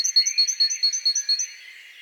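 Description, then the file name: Great tit: a fast, regular string of high piping notes for about one and a half seconds, then only faint background hiss. "Parus major"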